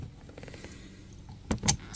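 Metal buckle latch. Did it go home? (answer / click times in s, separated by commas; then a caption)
yes / 1.5 s. The metal end fitting on the webbing of a Hyundai Santa Fe's driver's seatbelt is plugged into the car's quick-release anchor. Faint light rattles come first, then a sharp, loud click at 1.5 s, followed by another brief burst of noise. The belt end is seated securely in the anchor.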